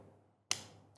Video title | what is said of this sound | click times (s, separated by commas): Série P - FOTRIC - Guide d’utilisation de la caméra thermique | until I hear that click to ensure that the lens is fully inserted. | 0.5 s